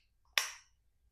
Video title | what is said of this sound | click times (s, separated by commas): French Avenue Safari Breeze Review by Kalm&Scents | But, I digress. You know, it does click into place. | 0.4 s